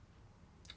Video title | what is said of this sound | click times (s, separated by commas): Atlas Wristband 2 Strength-Training Fitness Tracker | The mag lock works very, very well. And you take this out. | 0.6 s, 0.7 s